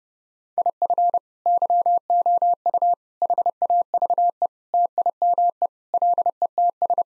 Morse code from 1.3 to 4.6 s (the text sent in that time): YOU HAVE